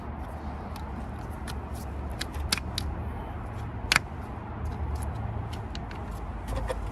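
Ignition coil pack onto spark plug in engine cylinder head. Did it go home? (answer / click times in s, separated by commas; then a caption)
yes / 2.2 s, 2.5 s, 2.8 s, 3.9 s. Ignition coil packs on a VW Golf Mk5 engine are pressed down by hand onto the spark plugs in the cylinder head, over a steady low rumble. Sharp clicks are heard at 2.2, 2.5, 2.8 and 3.9 seconds as the packs click into place, and they end up seated snugly.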